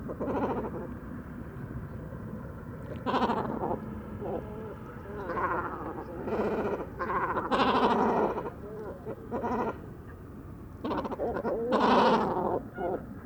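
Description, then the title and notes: Great cormorant calls, repeated bursts of harsh, gargling croaks and bleating grunts over a low background hum. Great cormorants gathering at dusk to roost on fishermen's posts on the shore of the Vaccarès, Camargue, 4 January 2020; constant squabbles over space until nightfall; distant car murmur; Mixp3 recorder, MKH40 microphone. "Dortoir de Grands cormorans. Bord du Vaccarès - Camargue"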